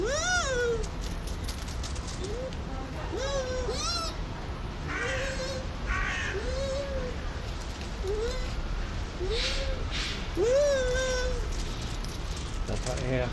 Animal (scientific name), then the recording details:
Speothos venaticus. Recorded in captivity. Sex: pair. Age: adult. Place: Zoo Berlin, Berlin, DE. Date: 1992-11-07 12:20. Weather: bedeckt, 14°C. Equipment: Marantz CP 430, Sennheiser ME 80, Kopie Tesla B 116. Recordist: Tembrock, Günter